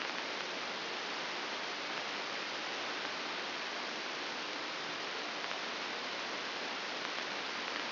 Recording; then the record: brain microelectrode recording played as sound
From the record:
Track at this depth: outside the subthalamic nucleus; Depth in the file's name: 8.304 mm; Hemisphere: left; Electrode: 2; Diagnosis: Parkinson's disease